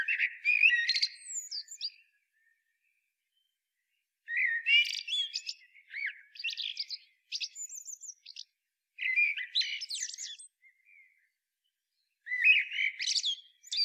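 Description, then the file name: Common blackbird delivering a series of warbled phrases with squeaky, chattering high endings, with pauses between. "Turdus merula"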